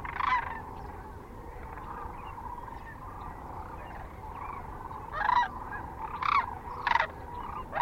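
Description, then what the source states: Sandhill cranes calling, a loud call at the start and several sharper bursts near the end. Recorded at Kearney, Nebraska, on 9 March 2004, with other species present.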